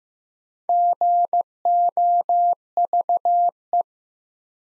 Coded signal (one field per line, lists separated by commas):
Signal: Morse code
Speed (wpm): 15 wpm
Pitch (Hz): 700 Hz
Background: none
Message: GOVE